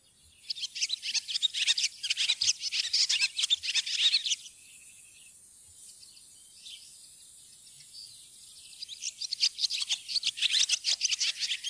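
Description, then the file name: Barn swallow twittering: dense bursts of high, scratchy chirps for about four seconds, a quieter pause, then the rapid chattering resumes near the end. "laavesvale"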